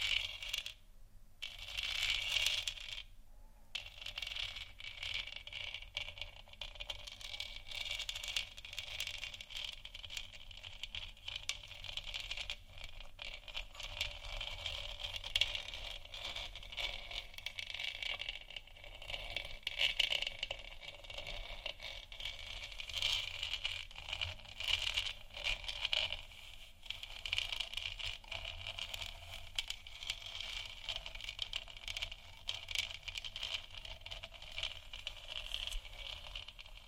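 Moon scratching and tapping: a dense, steady stream of bright scraping clicks, with brief dropouts near the start and a low hum underneath.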